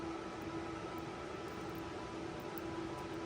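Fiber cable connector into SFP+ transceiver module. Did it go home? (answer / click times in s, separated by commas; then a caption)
no / none. A fiber cable connector is being lined up with an SFP+ transceiver module, with the handler working out which side it fits before latching. A steady broadband hiss with a faint tonal hum continues throughout, with no distinct transients. Nothing has seated or clicked yet.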